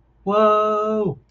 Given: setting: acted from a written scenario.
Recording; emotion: vocal sound without words; elation